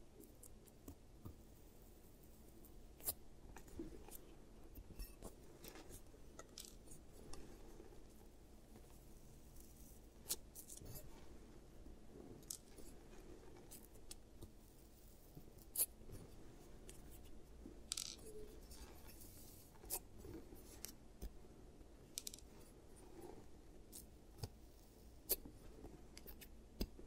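A giant teeth treatment, built from short, sharp clicks, taps and clinks like small metal tools or coins knocking together, scattered irregularly every second or so. Beneath them runs a steady low rumble, with a few louder taps near 16 and 25 seconds.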